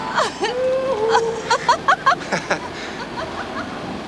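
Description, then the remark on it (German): Drawn-out vocal calls of "Hallo!" and "Juhu!" followed by a quick string of short, repeating voice bursts that fade out, the shouted calls echoing back with an eerie, almost laughing quality. “Ein Echo?”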